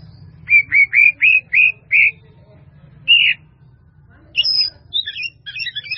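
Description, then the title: White-rumped Shama: bird giving a row of short, identical chirping notes, then a single note and a scatter of high twittering calls, with low hum beneath. "murai batu"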